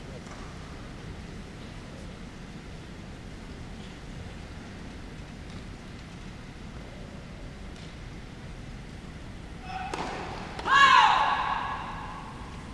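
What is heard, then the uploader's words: A tennis match on Centre Court at Wimbledon, heard as a steady low crowd murmur for most of the clip. Faint scattered knocks come through. Near the ten-second mark the crowd swells sharply into a bright burst of applause and cheering that then eases back down. Djokovic vs. Hurkacz on Centre Court. A match on Centre Court at Wimbledon. Defending champion Novak Djokovic plays Hurkacz, and it's 5-5 in the second set.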